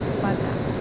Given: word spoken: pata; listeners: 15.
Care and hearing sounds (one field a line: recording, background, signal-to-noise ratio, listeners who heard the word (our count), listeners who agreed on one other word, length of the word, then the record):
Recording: one Spanish word in noise, from a listening test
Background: speech-shaped noise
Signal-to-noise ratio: -4.6 dB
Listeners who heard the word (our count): 5 of 15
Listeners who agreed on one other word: 7 of 15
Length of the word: 0.41 s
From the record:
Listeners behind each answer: 7, 5, 1, 1, 1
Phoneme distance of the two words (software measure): 17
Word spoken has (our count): 2 syllables, 4 phonemes, stress on syllable 1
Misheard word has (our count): 2 syllables, 5 phonemes, stress on syllable 1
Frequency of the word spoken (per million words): 12.04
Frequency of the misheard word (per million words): 243.81